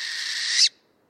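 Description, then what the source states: Northern Hawk Owl uttering a harsh, hissing screech, broad and grating, growing slightly louder before cutting off sharply. Hunts by sight in broad daylight.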